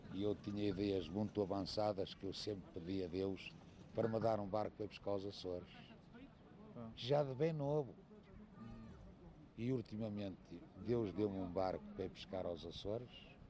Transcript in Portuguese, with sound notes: E eu tinha ideias muito avançadas, que eu sempre pedi a Deus para me dar um barco para ir pescar aos Açores, [pausa] já de bem novo! E ultimamente, Deus deu-me um barco para ir pescar aos Açores.